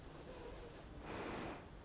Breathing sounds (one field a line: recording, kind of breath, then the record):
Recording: one breath in and out by a microphone near the nose and mouth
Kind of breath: normal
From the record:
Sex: female